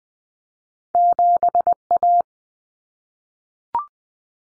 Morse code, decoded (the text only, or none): 7A